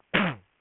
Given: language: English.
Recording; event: throat vibration sensor signal played as sound; cough